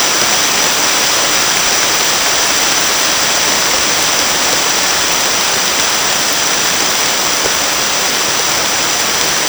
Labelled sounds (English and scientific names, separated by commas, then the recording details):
none
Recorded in secondary vegetation near Puerto Asís, Putumayo, Colombia, on 24 June 2025 at 13:30
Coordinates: 0.500, -76.326
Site GP08